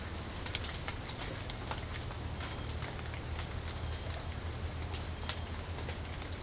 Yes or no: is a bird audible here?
no